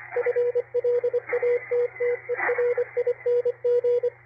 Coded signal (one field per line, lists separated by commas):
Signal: Morse code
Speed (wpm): 24 wpm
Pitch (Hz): 490 Hz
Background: radio noise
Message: FLATTERING